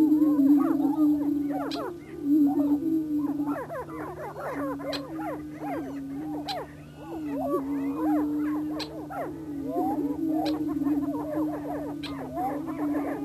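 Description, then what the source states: Greater prairie chickens in full chorus, low booming hum under bursts of rapid cackles and whoops that come in waves, with occasional sharp ticking sounds. Recorded in Missouri.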